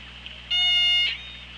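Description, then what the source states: Orca call underwater: a single long, steady, richly harmonic tone of about half a second over background hiss. OrcaLab hydrophone, 24 August 2017, 15:53:33.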